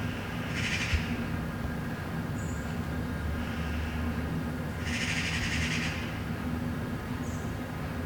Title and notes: Saint-Gilles, Belgique - Magpies. Dimanche matin sur le balcon. Des pies jacassent dans un arbre. Des gouttes d'eau s'écoulent régulièrement. Sunday morning on the balcony. Magpies chattering in a tree